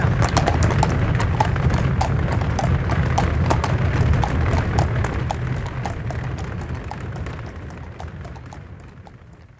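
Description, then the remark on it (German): Steady clip-clop of horse hooves pulling a carriage, with a rumbling wheel noise underneath; the rhythmic hoofbeats continue throughout and gradually fade toward the end. No talking. “du versäumst noch die Kutsche, du beeil dich doch!”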